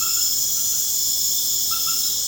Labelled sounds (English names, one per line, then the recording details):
none
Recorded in pastures near Puerto Asís, Putumayo, Colombia, on 29 June 2025 at 20:00
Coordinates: 0.496, -76.326
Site GP01